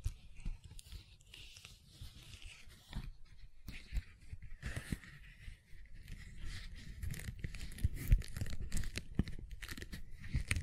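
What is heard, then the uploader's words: Gentle silicone sounds: soft squishing, rubbing and light tearing-like crackles run throughout, dense and irregular, with a low rumble underneath. Sharper clicks and squeaks pop up every second or so, and the handling grows a little busier and louder after the fifth second. ASMR Gentle Silicon Sounds for Sleep (No Talking).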